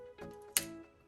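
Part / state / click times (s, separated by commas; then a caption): zoom lens into camera body bayonet mount / seated / 0.6 s. A Canon RF-S18-45mm F4.5-6.3 IS STM kit zoom lens, lined up red dot to red dot on the bayonet mount of a Canon EOS R10 mirrorless camera body, is twisted until it locks. A soft rustle of handling near 0.2 s is followed by a sharp, bright click at 0.6 s over a steady tonal background. The lens is seated on the mount.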